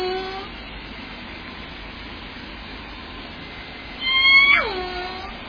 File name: 2014 06 11 22 46 25 Orca limekiln